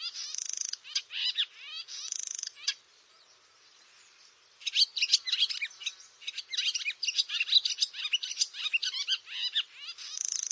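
Barn swallow song with buzzy rattles between twittering phrases, a quiet gap of about two seconds, then a long burst of dense chattering warbles ending in another rattle.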